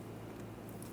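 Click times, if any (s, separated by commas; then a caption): none. An EVAP vent solenoid for a 2009-2014 Nissan Maxima 3.5L V6 is handled and turned clockwise toward its mounting bracket and ear, over a steady low hum with two brief high-pitched ticks near 0.7 s and 0.8 s. Nothing has seated or clicked yet; the part is not yet home.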